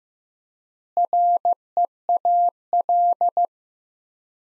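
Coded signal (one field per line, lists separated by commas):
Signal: Morse code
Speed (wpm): 15 wpm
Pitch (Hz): 700 Hz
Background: none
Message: REAL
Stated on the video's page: Morse practice sentences from top 300 words at 15 wpm with 3x standard word spacing, a Farnsworth-like method.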